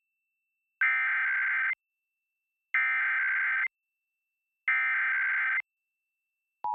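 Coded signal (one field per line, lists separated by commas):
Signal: Emergency Alert System (SAME) tones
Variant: header bursts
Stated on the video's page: Pennsylvania statewide Required Monthly Test relayed by FM, AM and TV broadcast stations and EAS ENDEC units.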